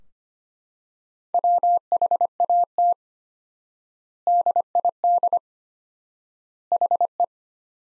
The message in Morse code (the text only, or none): WHAT DID HE